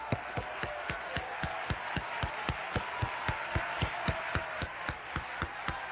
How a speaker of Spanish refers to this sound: Dale un aplauso grande al cielo. Él se lo merece. Ese aplauso es para ti, papá. Recíbelo.